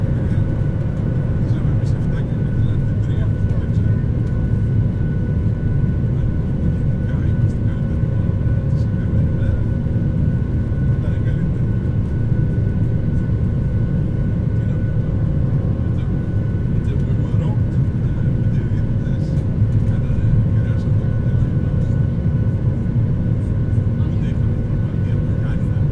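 A steady, dense low roar fills the cabin of an airliner in flight, unchanging across the whole stretch, with a faint constant whine and hum above it. Quiet voices murmur in the background, and small clicks and knocks come and go.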